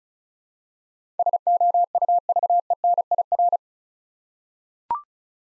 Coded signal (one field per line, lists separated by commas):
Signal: Morse code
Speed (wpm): 36 wpm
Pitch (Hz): 700 Hz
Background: none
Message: SOUVENIR